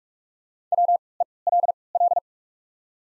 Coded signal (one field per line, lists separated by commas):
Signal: Morse code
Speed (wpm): 47 wpm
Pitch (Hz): 700 Hz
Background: none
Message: WELL